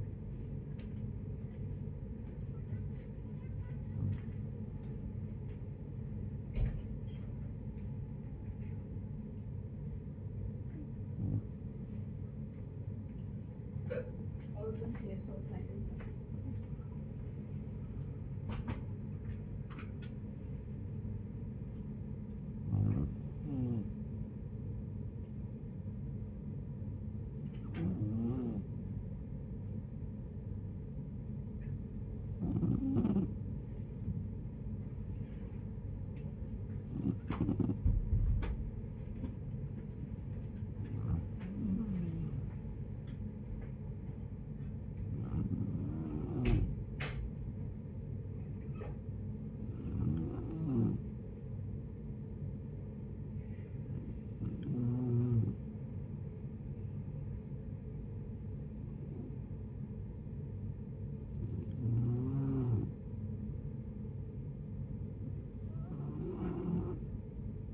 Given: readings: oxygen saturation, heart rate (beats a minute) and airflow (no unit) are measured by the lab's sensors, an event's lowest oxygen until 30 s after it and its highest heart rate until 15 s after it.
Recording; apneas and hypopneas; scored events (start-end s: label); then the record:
a person awake in a sleep study, by a smartphone at the bedside; none
0.00-67.74 s: awake
0.00-67.74 s: awake
From the record:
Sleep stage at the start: awake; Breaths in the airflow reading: 27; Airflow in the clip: -0.7 to 0.7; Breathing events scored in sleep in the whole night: 496 in 5.4 hours asleep